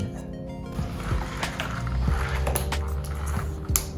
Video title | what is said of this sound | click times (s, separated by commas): Roof Molding Install (2009 Civic SI Sedan FA5) [E96] | you hear that you hear that crack and that's it they snapped in place see | 2.6 s, 3.8 s